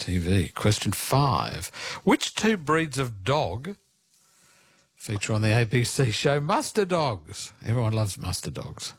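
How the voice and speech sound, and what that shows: A man reads a quiz question aloud in clear, fluent, ordinary speech, with one brief pause midway.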